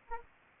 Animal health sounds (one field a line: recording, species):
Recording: mosquito wingbeat signal from an infrared sensor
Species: Anopheles arabiensis